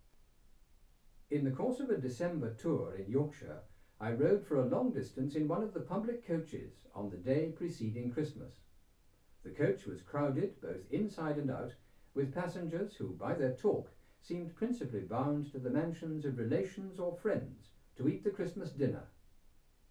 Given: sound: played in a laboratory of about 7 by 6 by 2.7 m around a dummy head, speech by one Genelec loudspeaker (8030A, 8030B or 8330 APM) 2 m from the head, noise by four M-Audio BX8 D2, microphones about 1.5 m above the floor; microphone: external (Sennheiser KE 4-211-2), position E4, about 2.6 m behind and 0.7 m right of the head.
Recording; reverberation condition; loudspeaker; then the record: male speech in English; low; 90 degrees to the right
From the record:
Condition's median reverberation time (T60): about 310 ms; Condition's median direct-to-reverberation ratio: about 3.5 dB